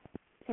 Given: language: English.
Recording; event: throat vibration sensor signal played as sound; speech